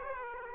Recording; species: mosquito wingbeat signal from an infrared sensor; Aedes aegypti